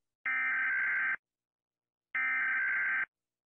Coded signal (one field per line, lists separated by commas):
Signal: Emergency Alert System (SAME) tones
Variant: header bursts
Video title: Rating EAS Alarms!